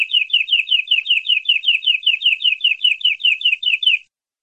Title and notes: Kicauan Kenari Durasi Panjang. Masteran Burung Lengkap